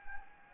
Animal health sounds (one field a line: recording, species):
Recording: mosquito wingbeat signal from an infrared sensor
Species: Anopheles gambiae